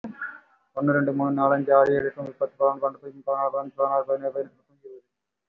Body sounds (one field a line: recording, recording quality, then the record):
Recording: counting at a fast pace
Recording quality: excellent, no background noise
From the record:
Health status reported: respiratory illness, not identified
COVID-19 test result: negative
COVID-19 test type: RT-PCR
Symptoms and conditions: cough, cold, breathing difficulty, fatigue, muscle pain, chronic lung disease, pneumonia, diabetes, another condition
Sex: male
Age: 55 years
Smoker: yes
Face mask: worn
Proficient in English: no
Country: India